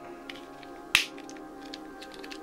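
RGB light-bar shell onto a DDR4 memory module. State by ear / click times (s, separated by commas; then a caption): seated / 0.3 s, 1.0 s, 1.7 s. A plastic RGB light-bar shell is pressed down firmly onto a DDR4 memory module so that it holds, producing small sharp clicks at 0.3 s, 0.95 s (the loudest) and 1.7 s, along with a few fainter ticks over a steady background hum. The shell's clips engage and it is seated on the memory stick.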